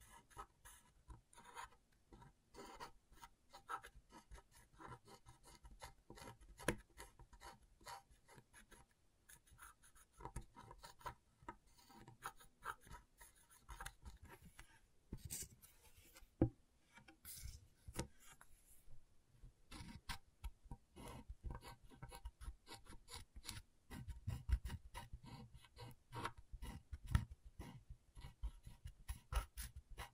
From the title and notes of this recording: ASMR Brain Tingling Scratchboard (No Talking).